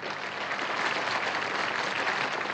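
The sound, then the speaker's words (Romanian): Sustained applause from a large audience greeting a child musician in a new city, a dense steady wash of many hands clapping at an even loudness throughout, with no voices standing out. “În fie ce nou oraș îl întâmpinau aplauze nesfârșite.”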